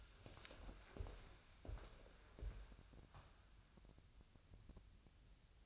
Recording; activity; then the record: daily activity, microphone in the room; walk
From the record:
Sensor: 2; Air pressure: 1015.2 hPa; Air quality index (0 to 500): 110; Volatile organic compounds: 3 ppm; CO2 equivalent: 1409 ppm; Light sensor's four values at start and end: 16/41/16/19 and 14/38/15/17